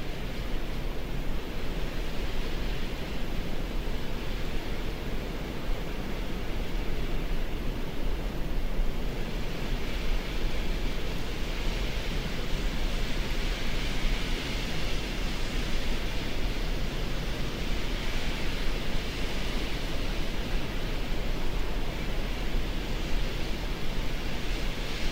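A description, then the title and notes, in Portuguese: Wind blows steadily and without pause, a dense, rushing roar weighted toward the low end with a softer hiss above. The level barely changes over the whole stretch, with only slight swells in the airy upper layer around the middle. Vento nos Lençóis. Nos Lençóis Maranhenses, o vento é um dos elementos que se destaca. Ele sopra nas dunas, lagoas e árvores dos vilarejos.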